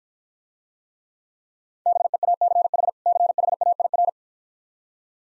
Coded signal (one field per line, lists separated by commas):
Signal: Morse code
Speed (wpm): 49 wpm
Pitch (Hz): 700 Hz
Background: none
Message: BEACH CHAIR